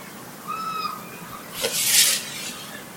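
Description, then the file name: Bird call: a single whistled note with overtones lasting about half a second, followed by a brief loud burst of hiss-like noise. "Welcher Vogel"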